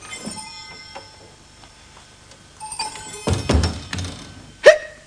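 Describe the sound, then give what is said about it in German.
Hiccups that sound like clanking water pipes, at first taken for a fault in the mixer tap: a dull, booming thunk followed by a short, sharp metallic clink, over faint ringing tones and quiet earlier taps. No one speaks. “Das klingt beinahe wie ein Schlucker. Das ist ein saudummes Geräusch.”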